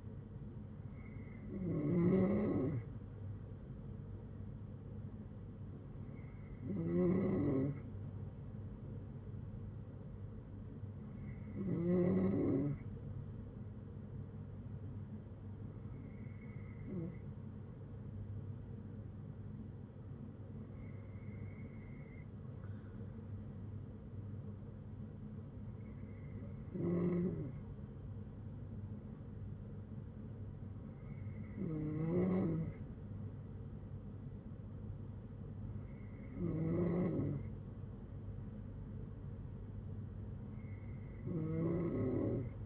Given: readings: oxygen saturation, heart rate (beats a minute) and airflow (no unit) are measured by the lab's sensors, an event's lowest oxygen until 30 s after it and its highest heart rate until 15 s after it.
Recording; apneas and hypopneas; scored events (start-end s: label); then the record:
breathing in sleep by a smartphone at the bedside; none
16.00-42.66 s: new sleep stage, N3 (deep sleep)
From the record:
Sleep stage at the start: N2 (light sleep); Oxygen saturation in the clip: 93 to 94%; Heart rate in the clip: 55 to 65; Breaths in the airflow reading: 8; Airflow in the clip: -7.8 to 6.2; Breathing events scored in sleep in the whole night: 182 in 7.4 hours asleep